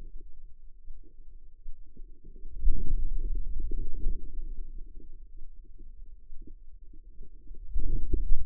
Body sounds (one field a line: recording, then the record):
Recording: forearm muscle sounds (acoustic myography)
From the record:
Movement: pen grasping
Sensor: system 2, bracelet of six BSWA MPA416 microphones around the upper forearm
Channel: 6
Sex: female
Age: 25 years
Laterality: right